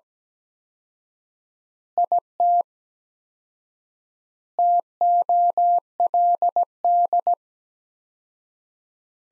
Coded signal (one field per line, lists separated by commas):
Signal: Morse code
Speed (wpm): 17 wpm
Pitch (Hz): 700 Hz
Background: none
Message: IT TOLD